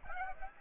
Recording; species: mosquito wingbeat signal from an infrared sensor; Aedes aegypti